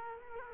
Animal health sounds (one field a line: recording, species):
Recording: mosquito wingbeat signal from an infrared sensor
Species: Culex quinquefasciatus